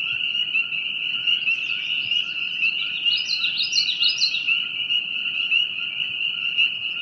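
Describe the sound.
Steady high frog chorus with a cluster of rapid chirping notes in the middle.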